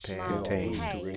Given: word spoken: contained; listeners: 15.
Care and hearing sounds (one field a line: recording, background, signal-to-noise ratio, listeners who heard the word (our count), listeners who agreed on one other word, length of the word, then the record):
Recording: one English word in noise, from a listening test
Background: four-talker babble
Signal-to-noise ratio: -2.5 dB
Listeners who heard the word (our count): 1 of 15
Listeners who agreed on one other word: 9 of 15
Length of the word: 0.77 s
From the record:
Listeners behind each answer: 9, 1, 1, 1, 1, 1, 1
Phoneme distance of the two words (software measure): 7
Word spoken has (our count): 2 syllables, 7 phonemes, stress on syllable 2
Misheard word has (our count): 2 syllables, 6 phonemes, stress on syllable 2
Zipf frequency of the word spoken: 4.02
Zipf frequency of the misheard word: 4.14